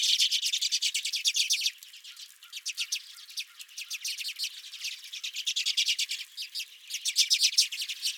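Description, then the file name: Redpolls giving loud rapid chips and twitters, a strong burst at first, a quieter lull, then renewed vigorous chattering. Redpolls at the recordist's feeder. "Redpolls at My Feeder"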